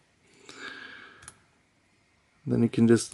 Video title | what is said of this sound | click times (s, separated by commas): GOPRO HERO6 BLACK UNBOXING REVIEW COMPARISON | you're gonna push with the connectors out. So you hear the click. | 0.5 s, 1.3 s